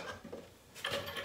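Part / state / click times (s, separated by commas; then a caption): metal trap latch on a trap mounted to a muskrat float / seated / 0.8 s. A metal safety latch on a trap mounted to a muskrat float is set: the stabilizer is pulled tight, and the latch catches with a sharp metallic click at 0.9 s, after low handling noise. The latch seats and holds solid.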